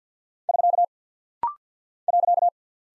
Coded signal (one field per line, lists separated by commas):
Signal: Morse code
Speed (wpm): 50 wpm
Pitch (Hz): 700 Hz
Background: none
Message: <SK> .